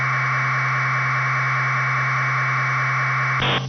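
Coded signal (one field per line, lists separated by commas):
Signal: modem data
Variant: Bell 202 AFSK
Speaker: We'll increase the deviation a little bit to show you the difference. Let's try 4500 hertz or something like that, and we'll see what happens.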